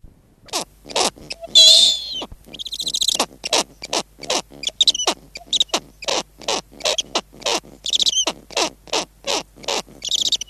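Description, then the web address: Snowy owl calling in a steady run of short, harsh, high-pitched bursts in quick succession, with occasional thin whistled notes mixed in. "earth naturelibrary assets s sn snowy owl"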